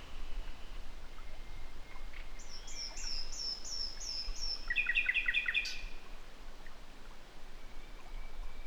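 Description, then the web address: Common nightingale singing a high repeated whistle series, then a fast rattle of sharp notes, over constant low rumble. "SETE Luscinia megarhynchos"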